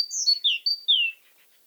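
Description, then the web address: Great tit song: a short phrase of clear whistled notes, each high note dropping into a lower slurred note, repeated about three times in quick succession. "Aktivitetsbanken. Fuglelyder Kjøttmeis"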